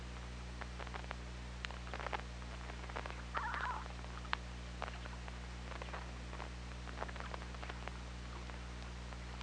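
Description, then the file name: Killer whale pulsed call, a short tonal burst lasting under a second, heard among scattered sharp clicks and a constant low hum. Recorded underwater by OrcaLab hydrophone on 24 August 2017 at 21:22. "Orca Lab UTLN JASON 20170824 212231"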